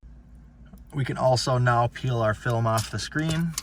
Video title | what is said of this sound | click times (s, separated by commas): Ram Dash Cam Install (Viofo A129 Pro Duo) | push it nice and flat and then slide it back over the driver's side and you'll hear it click in | 0.8 s